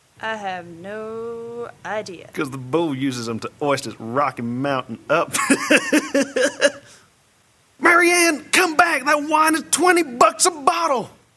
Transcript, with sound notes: I have no idea.
Because the bull uses 'em to 'oist 'is Rocky Mountain up! [LOUD, ANNOYING LAUGHTER] Marianne! Come back! That wine cost 20 bucks a bottle!